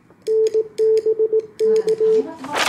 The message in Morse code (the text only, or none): NBK